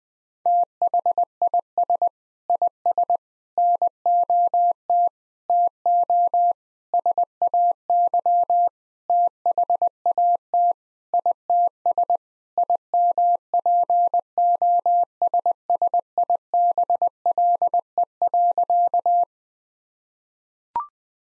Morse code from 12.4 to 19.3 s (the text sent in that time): IMPOSSIBLE.